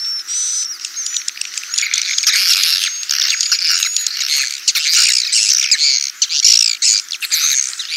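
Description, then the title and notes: Swiftlet chirping calls, dense high twittering and buzzy chirps overlapping continuously, with sharp clicks and a thin whistled tone running through. Sound used for swiftlet farming in Asia. "Swiflet Bird Sound. Farming Swiflet Bird asia sound"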